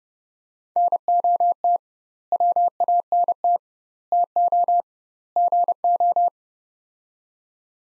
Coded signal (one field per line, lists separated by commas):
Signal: Morse code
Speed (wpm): 30 wpm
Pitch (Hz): 700 Hz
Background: none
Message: NOT WANT TO GO